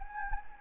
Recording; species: mosquito wingbeat signal from an infrared sensor; Anopheles gambiae